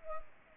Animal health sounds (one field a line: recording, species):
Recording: mosquito wingbeat signal from an infrared sensor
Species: Anopheles arabiensis